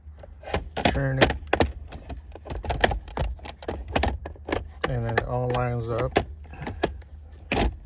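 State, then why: Seated. Someone talks while a plastic center console trim panel on a 2002 Infinity QX4, removed for gearshift cable work, is fed over the gear shifter, turned and lined up, then pressed down into the console. Several light plastic taps and knocks are heard along the way, and a sharp snap at 7.5 s marks its clips snapping into place, seating the panel.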